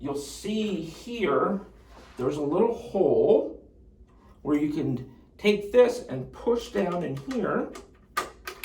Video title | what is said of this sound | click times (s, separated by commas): KC4 Wall Mount Assembly | and it kind of locks into place there. | 8.2 s